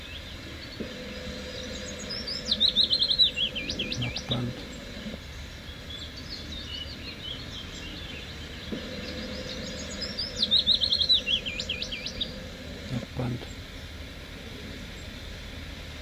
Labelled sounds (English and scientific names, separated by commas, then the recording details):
Willow Warbler (Phylloscopus trochilus)
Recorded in the wild
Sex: male
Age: adult
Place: Brackenheim, OT Stockheim, Baden-Württemberg, DE
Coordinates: 49.0883, 9.00917
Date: 1969-06-23 16:00
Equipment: Nagra III PH, MD 211, PES 26
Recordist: Jeserich, E. and Schneider, H.-J